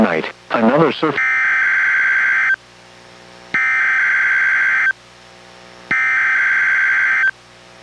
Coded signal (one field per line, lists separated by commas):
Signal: Emergency Alert System (SAME) tones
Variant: header bursts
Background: speech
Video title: EAS #760: NWR Required Weekly Test- Apr. 19, 2023- 11:09AM PDT